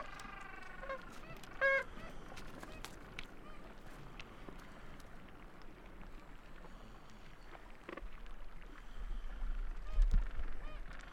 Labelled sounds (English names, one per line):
Gentoo Penguin call